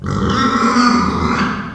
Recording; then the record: squeal of a Yucatan mini pig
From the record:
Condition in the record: after surgery on the right vocal fold (resection and tissue-engineered implant); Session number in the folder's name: 15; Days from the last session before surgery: 175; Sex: female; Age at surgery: 19 weeks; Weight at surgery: 25 kg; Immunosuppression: prednisolone